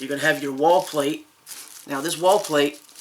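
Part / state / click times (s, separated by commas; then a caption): plastic wall plate onto smart light switch / not seated / none. Someone talks while a plastic decorator wall plate with clips on its back is handled near a TECKIN 15A single pole smart Wi-Fi light switch, ready to be pressed on. Only speech and faint handling noise are heard. Nothing has seated or clicked yet.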